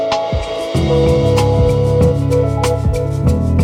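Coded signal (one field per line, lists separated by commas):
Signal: none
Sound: music track beeps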